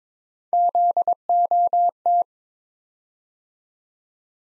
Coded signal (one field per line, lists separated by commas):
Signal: Morse code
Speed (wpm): 22 wpm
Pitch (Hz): 700 Hz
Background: none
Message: ZOT